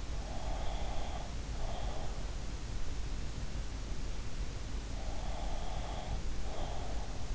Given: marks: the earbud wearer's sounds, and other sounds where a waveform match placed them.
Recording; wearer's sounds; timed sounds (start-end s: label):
sounds in sleep by an in-ear microphone; breath
0.15-2.28 s: breath
4.96-7.35 s: breath